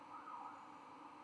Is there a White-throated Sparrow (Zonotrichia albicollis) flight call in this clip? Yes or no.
no